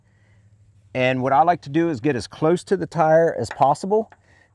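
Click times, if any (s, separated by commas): none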